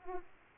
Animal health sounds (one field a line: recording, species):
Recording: mosquito wingbeat signal from an infrared sensor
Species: Aedes aegypti